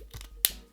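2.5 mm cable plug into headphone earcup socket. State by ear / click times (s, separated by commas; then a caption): seated / 0.5 s. A 2.5 mm headphone cable plug is pushed a second time into a narrow socket on the earcup next to the leather pad. After a couple of faint scraping ticks, it locks in with a sharp, bright click at 0.5 s. The plug is seated.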